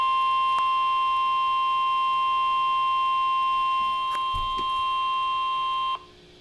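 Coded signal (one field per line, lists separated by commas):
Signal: Emergency Alert System (SAME) tones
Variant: 1050 Hz attention tone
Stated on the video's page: NOAA Weather Radio Severe Thunderstorm Warning broadcast.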